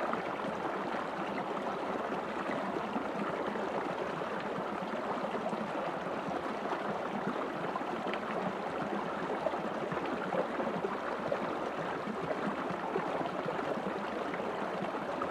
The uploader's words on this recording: Today we're meditating to the sounds of the creek.